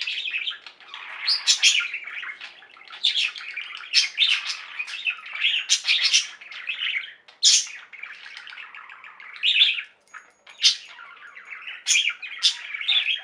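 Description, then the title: Budgerigar chatter: a long, steady flow of raspy warbling with sharp high chirps popping out at uneven intervals. "Budgie Sounds"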